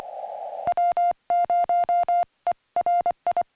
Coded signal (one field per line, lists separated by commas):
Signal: Morse code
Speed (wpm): 23 wpm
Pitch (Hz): 700 Hz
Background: music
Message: W0ERI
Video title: First-Time SOTA Activation in Wyoming